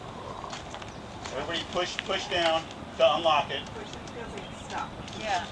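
A telescoping leg lock on a pop-up tent frame is handled while someone talks, with a few short taps near 0.4 to 0.8 seconds. The leg is being raised and pushed toward its lock, but nothing has seated or clicked yet.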